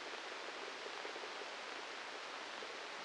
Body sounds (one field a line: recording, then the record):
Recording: brain microelectrode recording played as sound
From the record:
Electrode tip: inside the subthalamic nucleus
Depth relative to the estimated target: -1 mm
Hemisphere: left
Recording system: NeuroSet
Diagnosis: Parkinson's disease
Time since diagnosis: 8 years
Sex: male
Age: 37 years